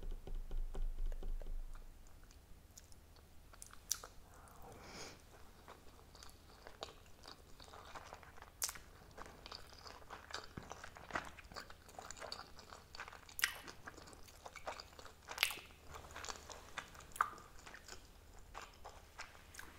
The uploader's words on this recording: ASMR SUSHI EATING SOUNDS.